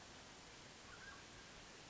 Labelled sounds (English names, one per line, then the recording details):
Mountain Quail
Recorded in Sonoma County, California